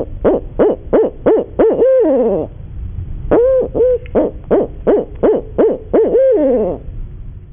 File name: barred owl